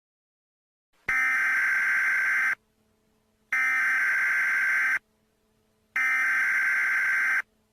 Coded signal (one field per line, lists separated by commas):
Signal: Emergency Alert System (SAME) tones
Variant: header bursts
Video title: EAS #2: Galactic Collision